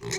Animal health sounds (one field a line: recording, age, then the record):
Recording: pig call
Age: weaner (32 to 43 days)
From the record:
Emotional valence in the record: negative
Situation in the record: short isolation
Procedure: open field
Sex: female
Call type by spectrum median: high-frequency call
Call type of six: mixed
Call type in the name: high-frequency modulated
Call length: 0.18 s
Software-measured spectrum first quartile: 639 Hz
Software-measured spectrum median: 2315 Hz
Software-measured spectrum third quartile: 5774 Hz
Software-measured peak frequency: 390 Hz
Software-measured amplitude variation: 97 dB a second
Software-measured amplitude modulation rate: 19.1 a second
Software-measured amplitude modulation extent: 5.1 dB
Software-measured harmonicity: 2.1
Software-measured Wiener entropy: -2.90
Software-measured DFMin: 596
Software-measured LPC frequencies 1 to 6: 377, 1942, 2233, 4055, 5242, 6309 Hz